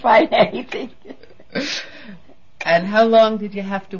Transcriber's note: they laugh